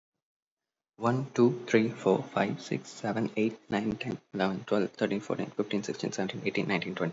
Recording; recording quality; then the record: counting at a fast pace; excellent, no background noise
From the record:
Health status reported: healthy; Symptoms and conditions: none ticked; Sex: male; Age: 25 years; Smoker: not ticked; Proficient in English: yes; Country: India